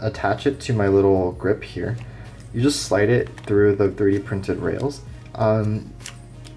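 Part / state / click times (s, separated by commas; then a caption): handheld game controller into 3D printed phone gaming grip rail / seated / 6.1 s, 6.5 s. Someone talks while sliding a left handheld game controller along the 3D printed plastic rails of an iPhone gaming grip. Short, sharp clicks at 6.1 and 6.5 seconds mark the end of the slide, and the controller locks in place so it won't fall out.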